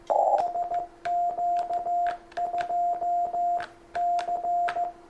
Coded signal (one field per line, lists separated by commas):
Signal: Morse code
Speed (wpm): 15 wpm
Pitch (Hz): 700 Hz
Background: radio noise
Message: SQ2C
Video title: Dzień Morse'a! Pierwsze QSO - Alfred DF6RI #cw #ham #radio